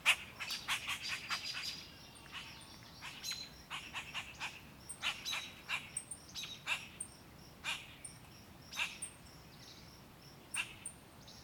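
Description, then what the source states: Birds chirping in quick sharp bursts, densest at the start, with faint high whistles and low background noise. Angry birds fighting, recorded in the countryside.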